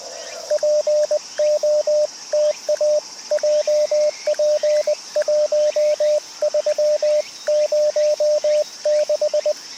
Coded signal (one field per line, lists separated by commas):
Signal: Morse code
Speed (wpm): 20 wpm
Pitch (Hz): 600 Hz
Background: radio noise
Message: POTAJP1306